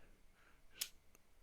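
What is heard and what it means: A magnetic-closure cap is pushed onto the body of a Visconti fountain pen (Rembrandt or Van Gogh) and clicks into place with a sharp, bright click at 0.8 s, followed by a much fainter tick at 1.1 s over quiet background noise. The cap is seated.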